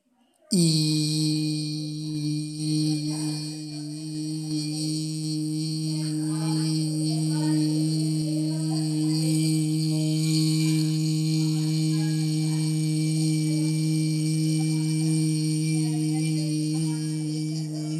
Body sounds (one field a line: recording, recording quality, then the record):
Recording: sustained vowel as in beet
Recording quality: moderate, slight background noise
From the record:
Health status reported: healthy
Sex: male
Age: 25 years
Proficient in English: yes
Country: India